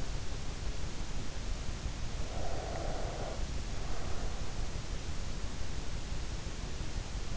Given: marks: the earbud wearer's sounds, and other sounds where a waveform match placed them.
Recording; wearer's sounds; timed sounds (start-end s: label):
sounds in sleep by an in-ear microphone; breath
2.06-4.57 s: breath